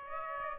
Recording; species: mosquito wingbeat signal from an infrared sensor; Aedes aegypti